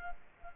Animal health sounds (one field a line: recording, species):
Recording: mosquito wingbeat signal from an infrared sensor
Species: Culex quinquefasciatus